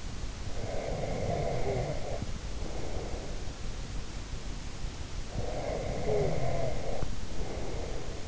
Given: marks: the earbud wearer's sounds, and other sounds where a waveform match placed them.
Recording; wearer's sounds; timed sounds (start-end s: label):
sounds in sleep by an in-ear microphone; snoring breath
0.39-3.63 s: snoring breath
5.11-8.27 s: snoring breath